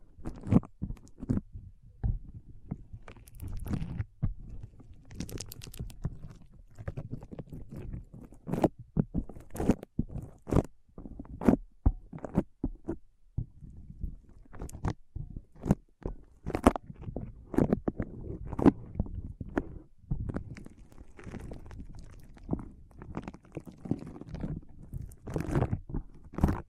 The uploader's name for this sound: ASMR Powerful Foam Brain Massage